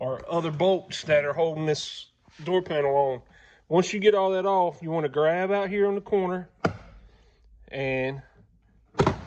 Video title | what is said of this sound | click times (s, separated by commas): Wrecked 2014 Toyota Camry tearing it down (Part 1) | And you heard it pop. Nothing's breaking. | 9.0 s, 9.1 s